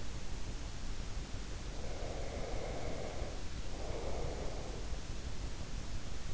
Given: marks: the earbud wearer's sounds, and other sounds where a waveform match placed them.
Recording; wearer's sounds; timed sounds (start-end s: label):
sounds in sleep by an in-ear microphone; breath
1.73-4.95 s: breath